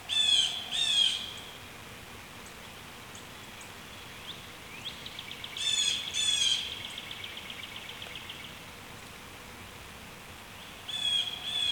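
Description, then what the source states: Blue jay giving harsh paired shrieks at the start and middle and another shriek at the end, with quieter faint calls between bursts against a soft background hiss. Two birds shrieking.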